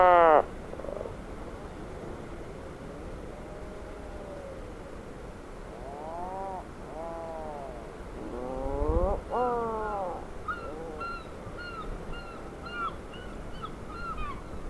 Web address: sound Atlantic-puffin. صدای-پرنده-پافین-اطلس